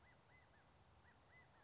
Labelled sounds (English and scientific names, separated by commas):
California Quail (Callipepla californica)